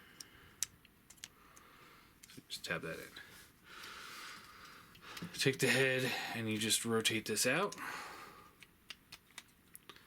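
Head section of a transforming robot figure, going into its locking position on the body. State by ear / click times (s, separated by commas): not seated / none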